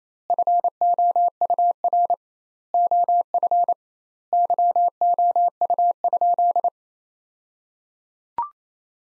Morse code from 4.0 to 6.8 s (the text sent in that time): YOU?